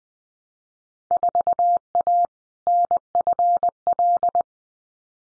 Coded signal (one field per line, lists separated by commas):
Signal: Morse code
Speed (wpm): 20 wpm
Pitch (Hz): 700 Hz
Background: none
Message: 4A NFL